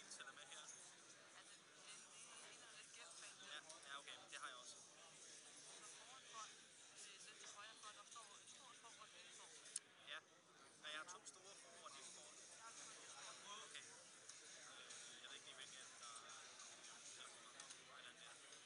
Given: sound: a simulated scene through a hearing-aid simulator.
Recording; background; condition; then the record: conversation; cafeteria; -4 dB SNR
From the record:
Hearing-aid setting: IV (slow-acting compression, loudness normalization); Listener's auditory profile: C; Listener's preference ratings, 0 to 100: 26, 77, 31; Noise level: 65 dB SPL